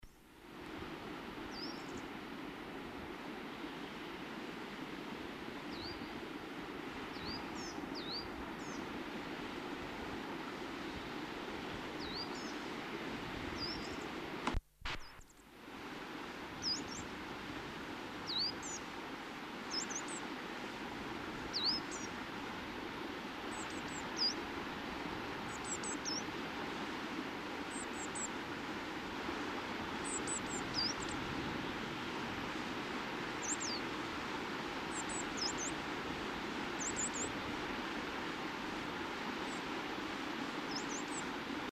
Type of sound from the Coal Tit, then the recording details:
call. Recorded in the wild. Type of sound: call. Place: Oberstdorf, Bayern, DE. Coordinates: 47.446, 10.3002. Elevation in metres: 953. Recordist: Tretzel, Erwin. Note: Rufe "tui-zz"